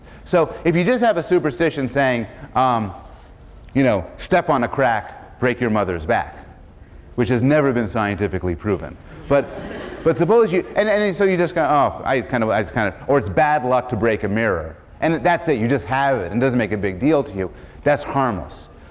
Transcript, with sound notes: So, if you just have a superstition saying "Step on a crack, break your mother's back," which has never been scientifically proven, [laughter] but suppose you — and then so you're just kind of "Oh, I kind of — I just kind of —" or it's bad luck to break a mirror and that's it, you just have it and it doesn't make a big deal to you, that's harmless.